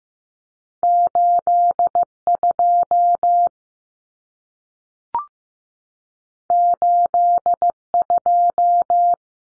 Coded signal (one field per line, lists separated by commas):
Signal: Morse code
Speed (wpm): 15 wpm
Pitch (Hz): 700 Hz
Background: none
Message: 82 82